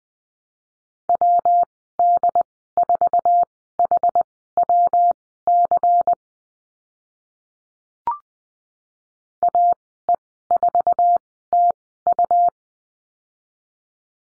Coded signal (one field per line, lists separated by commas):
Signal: Morse code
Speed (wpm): 20 wpm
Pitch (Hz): 700 Hz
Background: none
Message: WD4HWC AE4TU